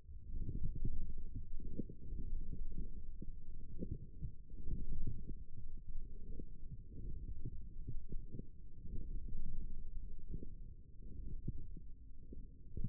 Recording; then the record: forearm muscle sounds (acoustic myography)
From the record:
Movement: forearm supination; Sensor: system 1, eight BSWA MPA416 microphones around the upper forearm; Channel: 2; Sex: male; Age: 28 years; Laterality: right